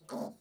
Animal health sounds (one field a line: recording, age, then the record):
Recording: pig call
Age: piglet (1 to 25 days)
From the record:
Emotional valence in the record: negative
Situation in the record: restrain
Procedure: back test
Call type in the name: low-frequency call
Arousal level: medium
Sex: female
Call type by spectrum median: low-frequency call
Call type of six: low-frequency stable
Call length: 0.40 s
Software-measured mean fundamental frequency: 55 Hz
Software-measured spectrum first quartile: 277 Hz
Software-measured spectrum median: 541 Hz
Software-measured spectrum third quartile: 974 Hz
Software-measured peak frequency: 237 Hz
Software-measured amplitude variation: 187 dB a second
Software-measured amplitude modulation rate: 16.2 a second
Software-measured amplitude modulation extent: 11.5 dB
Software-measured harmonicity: 1.5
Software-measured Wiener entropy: -0.38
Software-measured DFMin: 1593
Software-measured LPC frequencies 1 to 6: 576, 4450, 5601, 6476, 7281, 8602 Hz